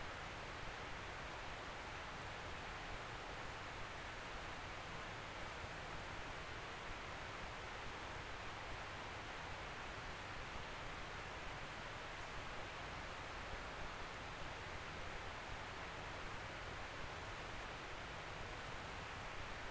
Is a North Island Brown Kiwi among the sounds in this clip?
no